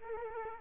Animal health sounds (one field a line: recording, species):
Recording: mosquito wingbeat signal from an infrared sensor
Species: Culex quinquefasciatus